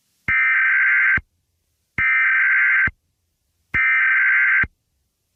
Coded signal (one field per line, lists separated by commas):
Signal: Emergency Alert System (SAME) tones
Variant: header bursts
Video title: EAS Scenario #8: Total Blackout